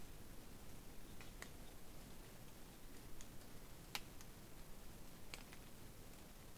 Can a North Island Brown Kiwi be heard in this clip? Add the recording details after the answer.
no. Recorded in New Zealand on 8 January 2015. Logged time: 01:58. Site BX23